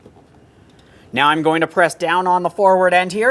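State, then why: Not seated. A plastic window switch panel on a 2009-2014 Nissan Maxima is being fitted into the door armrest, with its forward end about to be pressed down. After about a second of near silence, someone talks through the rest of the clip. Nothing has seated or clicked yet.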